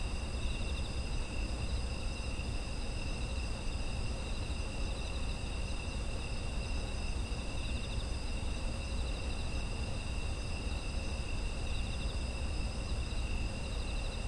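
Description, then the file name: Insects trilling together in a steady chorus, several continuous high bands of pulsing chirps layered without pause over a low, constant rumble. Ambient sound of insects in autumn. "秋の虫の環境音"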